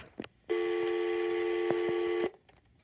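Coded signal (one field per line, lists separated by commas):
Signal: telephone call progress tone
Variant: North America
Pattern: dial tone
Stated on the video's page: Dialing and call progress tones from tandem stacking over VoIP, using C*NET and Google Voice PSTN trunks.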